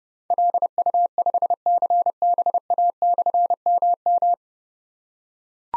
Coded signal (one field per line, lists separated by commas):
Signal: Morse code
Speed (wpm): 30 wpm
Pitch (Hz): 700 Hz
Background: none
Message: LU5CBA/MM